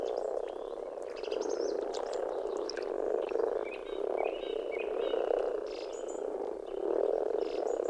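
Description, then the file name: Common frog: low purring croaks from many common frogs, pulsing in waves. "rohukonn"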